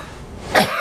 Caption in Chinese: 寒痰，它都是这种病人咳出来的时候是有口感的，很多病人跟我们说我这口痰咳出来是凉凉的。 特别容易咳出来，就好像他就在嗓子眼这儿轻轻一咳就咳出来了。 出寒痰的时候咳的声音往往是比较清亮比较短促的。 往往是御寒加重的。